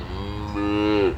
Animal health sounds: contact call of a hoofed animal; cattle; low-frequency (closed-mouth) or high-frequency (open-mouth) call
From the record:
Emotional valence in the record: negative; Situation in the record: full separation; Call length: 1.18 s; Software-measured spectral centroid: 1490 Hz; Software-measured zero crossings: 1110 a second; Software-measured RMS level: -23 dBFS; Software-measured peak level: -10 dBFS

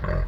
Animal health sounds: contact call of a hoofed animal; wild boar; grunt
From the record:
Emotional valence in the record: positive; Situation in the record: naturally occurring affiliative interactions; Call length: 0.27 s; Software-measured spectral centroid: 1030 Hz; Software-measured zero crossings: 490 a second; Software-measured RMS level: -24 dBFS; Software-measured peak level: -14 dBFS

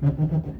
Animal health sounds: contact call of a hoofed animal; goat; low-frequency (closed-mouth) or high-frequency (open-mouth) call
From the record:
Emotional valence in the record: positive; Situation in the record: food anticipation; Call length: 0.60 s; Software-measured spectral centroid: 750 Hz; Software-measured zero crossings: 410 a second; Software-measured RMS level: -23 dBFS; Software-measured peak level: -12 dBFS

